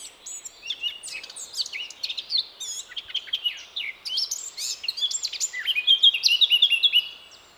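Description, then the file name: Eurasian blackcap song, a fast jumble of chattering warbled notes ending in a loud flourish of clear, repeated fluty whistles. "Sylvia atricapilla"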